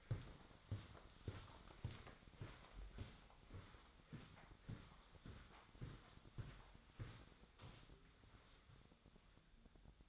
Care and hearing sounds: daily activity, microphone in the room; walk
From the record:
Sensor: 3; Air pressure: 1009.3 hPa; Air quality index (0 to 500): 193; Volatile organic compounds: 4 ppm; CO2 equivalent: 1558 ppm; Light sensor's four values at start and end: 57/147/64/67 and 55/142/63/65

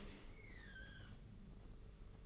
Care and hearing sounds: daily activity, microphone in the room; open dishwasher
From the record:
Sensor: 4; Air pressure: 992.2 hPa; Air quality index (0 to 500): 108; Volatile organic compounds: 17 ppm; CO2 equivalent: 2582 ppm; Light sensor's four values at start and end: 23/78/28/30 and 23/78/28/30

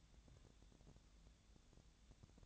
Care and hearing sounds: daily activity, microphone in the room; take from stove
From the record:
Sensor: 3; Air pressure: 1000.0 hPa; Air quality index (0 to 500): 128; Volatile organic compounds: 2 ppm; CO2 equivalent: 1144 ppm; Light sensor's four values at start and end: 42/106/45/50 and 42/106/45/50

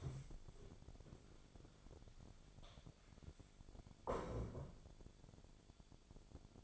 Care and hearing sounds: daily activity, microphone in the room; stand up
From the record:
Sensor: 5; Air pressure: 1000.5 hPa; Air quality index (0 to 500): 145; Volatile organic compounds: 2 ppm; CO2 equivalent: 1126 ppm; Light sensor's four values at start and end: 48/111/46/49 and 47/110/46/48

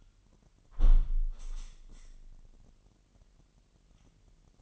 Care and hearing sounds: daily activity, microphone in the room; close window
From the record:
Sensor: 4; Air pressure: 998.7 hPa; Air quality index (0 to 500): 114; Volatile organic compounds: 2 ppm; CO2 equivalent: 1123 ppm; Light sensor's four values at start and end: 10/24/9/10 and 10/24/9/10

